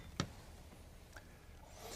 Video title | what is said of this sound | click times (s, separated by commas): Invacare Reliant 600 Heavy Duty Power Lift and Slings | just slide it down and push it away until you hear it click | 0.2 s